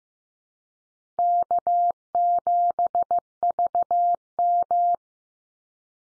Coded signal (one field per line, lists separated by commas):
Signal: Morse code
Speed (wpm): 15 wpm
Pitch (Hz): 700 Hz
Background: none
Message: K7VM